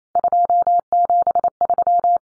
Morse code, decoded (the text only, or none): 273